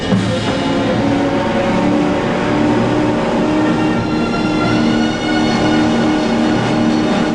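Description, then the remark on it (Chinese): A loud, steady engine roar with harmonic tones drones continuously from a speedboat whose fuel tank has been shot, running at full throttle as it rushes onto the shore of a small island, with a slight dip near the end before resuming. “已经被打爆油箱的快艇冲到小岛的岸上”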